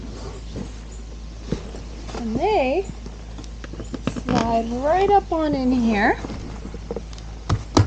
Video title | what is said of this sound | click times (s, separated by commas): I love these ProBlaze SaddleBags! | just like that they lock into place on those bars | 7.5 s, 7.8 s